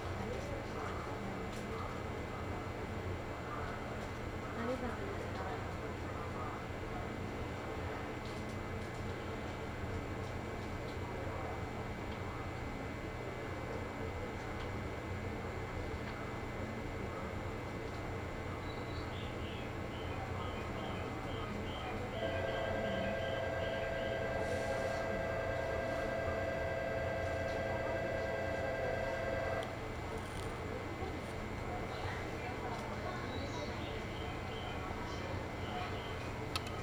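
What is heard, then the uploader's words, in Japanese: A local train on the Chuo East Line runs with a steady low rumble and faint hum throughout. Around 19 seconds a few short high chime-like notes sound, then a steady held tone drones from about 22 to 29 seconds before stopping. 中央東線 普通 韮崎→東山梨。韮崎を出てもまだ下り続けて甲府盆地に入ります。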